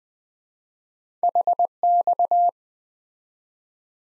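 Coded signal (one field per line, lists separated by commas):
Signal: Morse code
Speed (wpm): 20 wpm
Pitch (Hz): 700 Hz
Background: none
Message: HX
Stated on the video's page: Morse practice of two letter-number combinations, starting fast and slowing to a 15 wpm base speed, final repeat at maximum speed.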